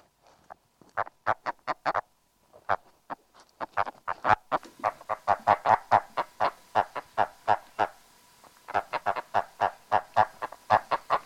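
Agile frog calling: scattered knocking notes that build into a dense, steady run of short, hoarse calls.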